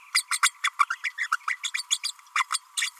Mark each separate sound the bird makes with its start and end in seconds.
0.14-0.24, 0.30-0.39, 0.42-0.51, 0.63-0.70, 0.79-0.84, 0.90-0.95, 1.04-1.11, 1.18-1.27, 1.31-1.36, 1.47-1.57, 1.63-1.71, 1.74-1.83, 1.90-1.99, 2.03-2.12, 2.35-2.44, 2.52-2.60, 2.77-2.90